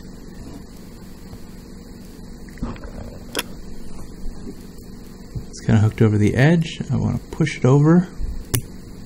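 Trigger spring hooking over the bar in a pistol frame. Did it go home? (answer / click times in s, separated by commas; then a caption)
yes / 8.5 s. A trigger spring in a PT111 G2/G2C/G2S pistol frame is pushed over the edge while someone talks, with faint small clicks around 2.5–3.4 s. At 8.5 s the spring snaps sharply into place, hooking over the bar and seating as confirmed.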